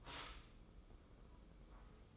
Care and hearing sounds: daily activity, microphone in the room; stop toaster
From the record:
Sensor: 1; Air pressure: 995.3 hPa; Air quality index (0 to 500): 25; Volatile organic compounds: 0 ppm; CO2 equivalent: 500 ppm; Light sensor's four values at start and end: 16/53/19/20 and 16/54/19/21

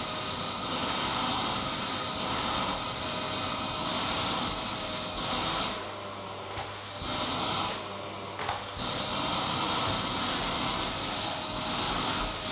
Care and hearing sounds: daily activity, microphone in the room; vacuum cleaning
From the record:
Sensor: 3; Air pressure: 1010.2 hPa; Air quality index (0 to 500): 171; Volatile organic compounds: 10 ppm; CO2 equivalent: 2232 ppm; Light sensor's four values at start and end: 47/118/51/57 and 57/135/61/67

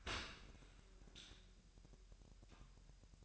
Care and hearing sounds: daily activity, microphone in the room; open dishwasher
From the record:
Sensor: 2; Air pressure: 1000.3 hPa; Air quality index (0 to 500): 245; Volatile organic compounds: 90 ppm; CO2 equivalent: 3684 ppm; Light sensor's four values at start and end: 9/21/8/8 and 9/21/8/8

